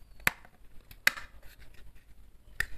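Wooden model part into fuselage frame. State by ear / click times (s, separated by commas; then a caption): seated / 2.6 s. A wooden part is pressed into its slot on the wooden fuselage frame of a Supermarine Spitfire Mk VB model during assembly. Two sharp knocks sound at 0.3 s and 1.1 s, then a crisp knock at 2.6 s as the piece snaps into place and seats.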